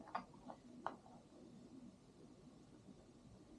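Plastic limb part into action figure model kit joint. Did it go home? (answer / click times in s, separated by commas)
no / none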